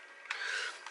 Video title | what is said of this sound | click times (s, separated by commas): Syma X5UC New Drone Quadcopter Unboxing Video Review | is push it in until it clicks | 0.3 s